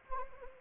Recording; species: mosquito wingbeat signal from an infrared sensor; Anopheles arabiensis